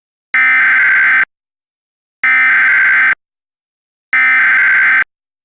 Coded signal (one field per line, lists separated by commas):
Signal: Emergency Alert System (SAME) tones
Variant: header bursts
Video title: (REQUEST) EAS Scenario: The Maniac